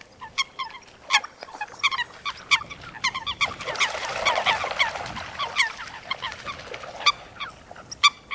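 Coot calls: clipped, nasal notes repeated irregularly, with a broad rushing noise in the middle.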